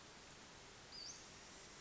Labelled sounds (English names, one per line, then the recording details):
Western Flycatcher
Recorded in Sonoma County, California